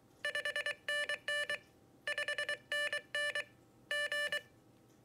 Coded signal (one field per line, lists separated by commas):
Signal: Morse code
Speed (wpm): 23 wpm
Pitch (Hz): 1750 Hz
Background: none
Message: 5NN 5NN G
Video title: Morserino-32 - the multifunctional Morse machine